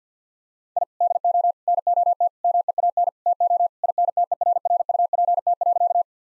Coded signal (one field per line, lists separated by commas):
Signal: Morse code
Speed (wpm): 50 wpm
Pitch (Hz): 700 Hz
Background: none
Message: I DO NOT MEAN TO INTERRUPT.